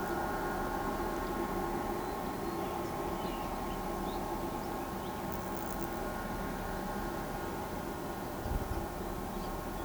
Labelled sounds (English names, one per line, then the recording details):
none
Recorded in pastures near Pivijay, Magdalena, Colombia, on 16 April 2023 at 13:00
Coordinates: 10.456, -74.369
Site P6-G026